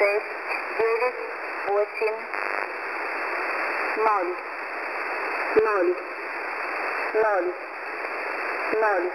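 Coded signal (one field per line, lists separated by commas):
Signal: numbers station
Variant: S06s, English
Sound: a voice reading single numbers, evenly spaced, like "nine", through steady hiss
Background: radio static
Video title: S06s 30/12/2021 8812kHz 0930 UTC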